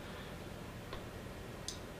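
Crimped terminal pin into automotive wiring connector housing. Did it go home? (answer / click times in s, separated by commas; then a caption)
yes / 1.7 s. A crimped metal terminal pin is pushed into the rear of a plastic automotive wiring connector housing over a steady low background hiss, with a faint tick at about 0.9 s. A sharp, bright click comes at 1.7 s as the pin's catch locks it in position, showing the terminal is seated.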